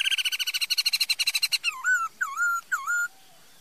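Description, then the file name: Laughingthrush song: a fast burst of harsh, rattling notes, then three loud, slurred whistles that dip and rise. "Tieng khuou hot"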